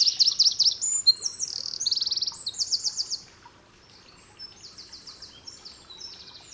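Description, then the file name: Eurasian wren song: rapid, very high-pitched trills and chattering notes for three seconds, then a quieter run of sharp repeated notes. "Troglodytes troglodytes"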